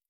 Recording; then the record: hydrophone in a shrimp aquaculture tank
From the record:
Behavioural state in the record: stressed